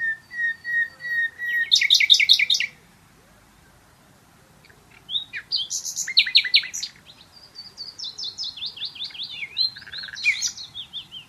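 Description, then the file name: Common nightingale singing in rich varied phrases: rapid repeated chirps and whistles, a pause, then fast buzzy trills and clicking notes, phrases separated by short silences. "Luscinia megarhynchos"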